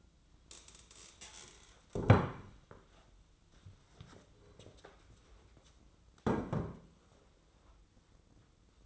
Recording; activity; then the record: daily activity, microphone in the room; stand up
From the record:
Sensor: 3